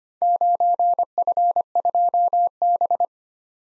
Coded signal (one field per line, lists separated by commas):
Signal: Morse code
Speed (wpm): 25 wpm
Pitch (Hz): 700 Hz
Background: none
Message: 9F2B